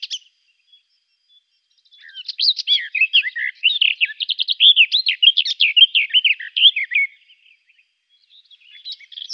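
Garden warbler song: a brief note, then a sustained warble of about five seconds, fast and mellow with tumbling notes, then quiet, with a few notes returning at the end.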